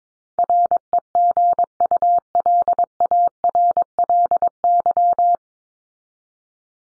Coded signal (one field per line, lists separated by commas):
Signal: Morse code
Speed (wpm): 22 wpm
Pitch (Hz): 700 Hz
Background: none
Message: REGULARLY